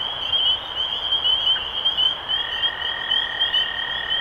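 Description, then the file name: Spring peepers in full chorus, a shrill wall of rising peeps, with a steady lower trill starting after two seconds. Recorded 23 March 2012. "Peepers-2012-0323"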